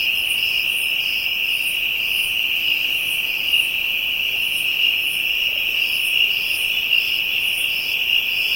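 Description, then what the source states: Insects produce a ceaseless high-pitched whine, with higher rhythmic pulses layered above. African insects, ambient soundscape.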